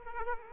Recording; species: mosquito wingbeat signal from an infrared sensor; Culex quinquefasciatus